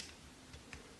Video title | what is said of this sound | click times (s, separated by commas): Metal Build Gundam Exia Repair toy review | Just match it up. Clicks into place. | 0.7 s